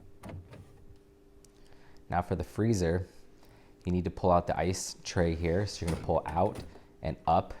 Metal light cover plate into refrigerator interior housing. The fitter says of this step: and slide down and it'll click in place